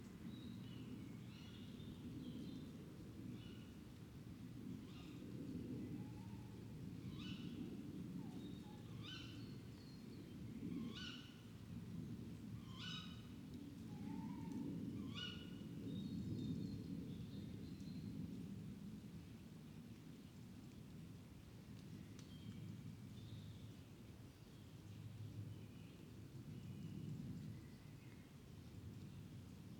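An evening outdoors by a fox den, filled with a steady low rumble that rises and falls gently throughout, like wind or noise. Bright, short bird calls repeat every second or two during the first half, then fade away.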